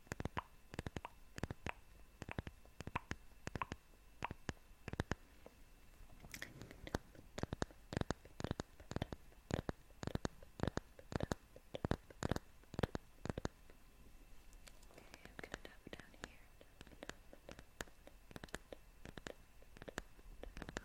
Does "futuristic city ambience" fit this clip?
no